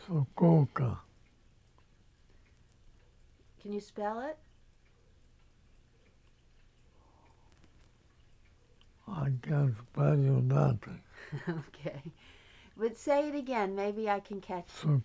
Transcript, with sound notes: Sokółka.
Can you spell it?
[pause] I can't spell you nothing.
(laughs) OK. But say it again, maybe I can catch it.